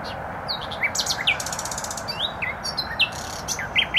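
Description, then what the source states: Nightingale singing a varied, jumbled phrase of rising chirps, buzzy rattles and sharp slurred notes over constant low road noise. Singing in bushes close to a noisy motorway, Trasa Toruńska, Bródno-Podgrodzie, Warsaw, Poland; recorded with an Olympus LS-11.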